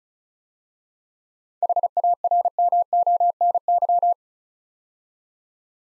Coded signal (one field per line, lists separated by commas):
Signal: Morse code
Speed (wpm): 36 wpm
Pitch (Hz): 700 Hz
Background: none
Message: HARMONY